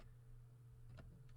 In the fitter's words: And now that's in place, we can connect our blower motor connector and this should snap right in.